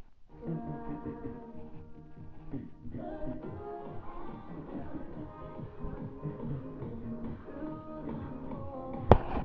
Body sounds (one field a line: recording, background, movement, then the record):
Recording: throat clearing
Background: music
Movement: walking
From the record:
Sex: male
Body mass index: 23.7 kg/m2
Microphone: on the chest, facing the body